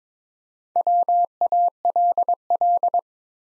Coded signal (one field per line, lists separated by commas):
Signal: Morse code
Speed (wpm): 23 wpm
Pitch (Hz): 700 Hz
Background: none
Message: WALL